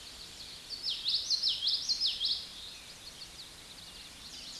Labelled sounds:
Common Yellowthroat (Geothlypis trichas) song
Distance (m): 10 m
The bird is about 5 m below the microphone
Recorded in a Pennsylvania forest on 16 May 2024 at 09:35
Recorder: AudioMoth, point MSD-1418
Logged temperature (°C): 16.4 °C
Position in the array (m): 221 m, 193 m

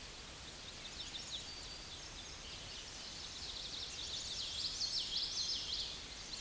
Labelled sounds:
Common Yellowthroat (Geothlypis trichas) song
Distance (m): 25 m
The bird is about level with the microphone
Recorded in a Pennsylvania forest on 16 May 2024 at 08:10
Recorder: AudioMoth, point MSD-2453
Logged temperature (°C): 16.3 °C
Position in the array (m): 221 m, 186 m

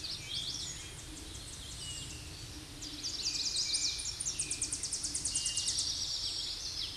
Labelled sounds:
Tennessee Warbler (Leiothlypis peregrina) song
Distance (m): 35 m
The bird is about 20 m above the microphone
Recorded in a Pennsylvania forest on 16 May 2024 at 07:36
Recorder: AudioMoth, point MSD-2320
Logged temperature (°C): 12.8 °C
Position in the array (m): 213 m, 159 m

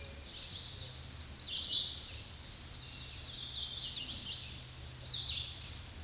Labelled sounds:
Hooded Warbler (Setophaga citrina) song
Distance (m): 120 m
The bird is about 20 m above the microphone
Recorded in a Pennsylvania forest on 16 May 2024 at 09:50
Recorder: AudioMoth, point MSD-0661
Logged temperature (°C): 15.8 °C
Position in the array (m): -44 m, 175 m

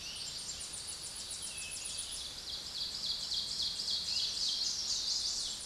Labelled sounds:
Ovenbird (Seiurus aurocapilla) song
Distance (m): 5 m
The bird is about level with the microphone
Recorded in a Pennsylvania forest on 16 May 2024 at 06:07
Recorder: AudioMoth, point MSD-1534
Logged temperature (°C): 15.6 °C
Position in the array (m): 41 m, 23 m

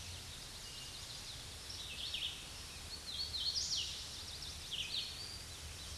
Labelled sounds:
Hooded Warbler (Setophaga citrina) song
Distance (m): 40 m
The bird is about 5 m above the microphone
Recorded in a Pennsylvania forest on 16 May 2024 at 08:07
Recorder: AudioMoth, point MSD-2095
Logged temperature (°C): 16.3 °C
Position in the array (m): 177 m, 84 m

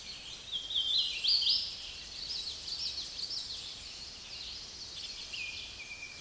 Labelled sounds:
Hooded Warbler (Setophaga citrina) song
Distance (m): 40 m
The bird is about 15 m above the microphone
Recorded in a Pennsylvania forest on 16 May 2024 at 07:27
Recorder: AudioMoth, point MSD-0215
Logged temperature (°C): 16.1 °C
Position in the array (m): 10 m, 152 m

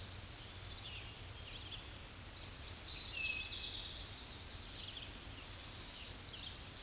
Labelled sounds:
Chestnut-sided Warbler (Setophaga pensylvanica) song
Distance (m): 60 m
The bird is about level with the microphone
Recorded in a Pennsylvania forest on 16 May 2024 at 07:59
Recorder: AudioMoth, point MSD-2349
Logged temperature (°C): 15.8 °C
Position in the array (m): 9 m, 18 m

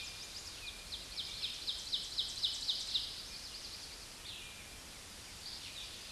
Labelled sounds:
Ovenbird (Seiurus aurocapilla) song
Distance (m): 25 m
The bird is about 10 m above the microphone
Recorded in a Pennsylvania forest on 16 May 2024 at 07:34
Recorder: AudioMoth, point MSD-0690
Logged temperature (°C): 16.0 °C
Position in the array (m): 211 m, 129 m

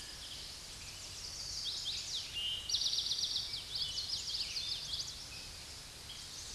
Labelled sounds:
Eastern Towhee (Pipilo erythrophthalmus) song
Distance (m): 25 m
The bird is about 5 m above the microphone
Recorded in a Pennsylvania forest on 16 May 2024 at 08:02
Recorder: AudioMoth, point MSD-2443
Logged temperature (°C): 16.4 °C
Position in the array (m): 183 m, 196 m

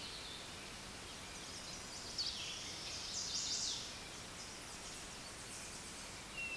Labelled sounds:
Chestnut-sided Warbler (Setophaga pensylvanica) song
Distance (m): 30 m
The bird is about 10 m above the microphone
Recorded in a Pennsylvania forest on 16 May 2024 at 06:37
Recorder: AudioMoth, point MSD-1368
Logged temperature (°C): 12.5 °C
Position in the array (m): 11 m, 23 m

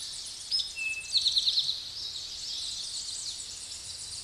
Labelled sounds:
Eastern Towhee (Pipilo erythrophthalmus) song
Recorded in a Pennsylvania forest on 16 May 2024 at 06:05
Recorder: AudioMoth, point MSD-0661
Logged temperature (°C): 15.8 °C
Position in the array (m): 66 m, 103 m

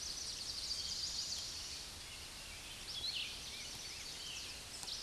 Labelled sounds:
Red-eyed Vireo (Vireo olivaceus) song
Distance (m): 50 m
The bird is about 10 m above the microphone
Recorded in a Pennsylvania forest on 16 May 2024 at 09:27
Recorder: AudioMoth, point MSD-1342
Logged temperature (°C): 15.5 °C
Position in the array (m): 186 m, 160 m

